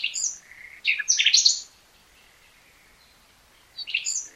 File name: Luscinia megarhynchos